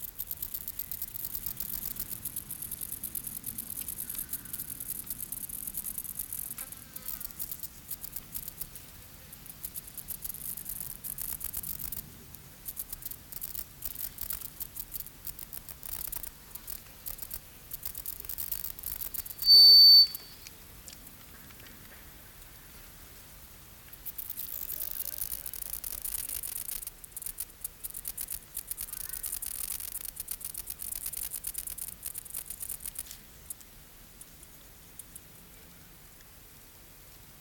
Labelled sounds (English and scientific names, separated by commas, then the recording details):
Stripe-winged Grasshopper (Stenobothrus lineatus) stridulation
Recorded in the wild
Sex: male
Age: imago
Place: Treuchtlingen, Heumöderntal, Bayern, DE
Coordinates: 48.96, 10.91
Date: 1993-09-22 16:30
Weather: heiter, 23°C
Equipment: Marantz CP 430, Sennheiser MKH 416 T, Kopie Uher Variocord 263
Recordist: Tembrock, Günter
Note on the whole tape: Anderes Männchen am Weibchen, springt ab und findet es wieder, lange Lautsequenzen